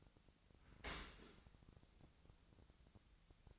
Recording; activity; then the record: daily activity, microphone in the room; open dishwasher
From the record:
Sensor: 3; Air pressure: 1003.1 hPa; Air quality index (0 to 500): 196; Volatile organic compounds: 6 ppm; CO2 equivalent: 1914 ppm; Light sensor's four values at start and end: 20/50/21/22 and 20/50/21/22